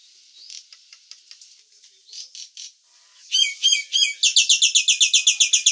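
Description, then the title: Nias hill myna: soft scattered notes at first, then a few loud, complex calls leading into a rapid, even, buzzy rattle that carries to the end. "burung jalak nias"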